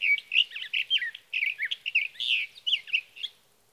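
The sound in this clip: Sage thrasher song: a hurried, musical jumble of warbles and slurred notes, delivered nearly nonstop with only a tiny pause partway through.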